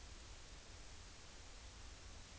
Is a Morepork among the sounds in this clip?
no